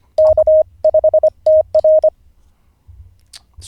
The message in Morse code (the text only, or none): K5TR